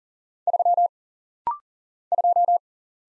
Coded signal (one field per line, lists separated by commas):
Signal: Morse code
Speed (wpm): 40 wpm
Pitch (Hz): 700 Hz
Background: none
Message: 3 2